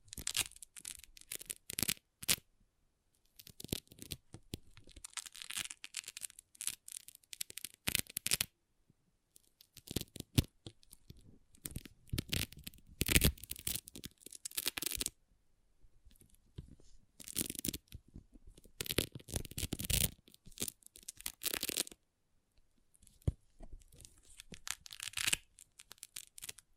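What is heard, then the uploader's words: Small pixel art beads being handled, in irregular bursts of dense, bright rattling and clicking separated by short silences. Some bursts last several seconds, like beads poured or shuffled, while others are quick scattered ticks. No other sounds in the background. ASMR Relaxing Pixel Art Beads ( No Talking).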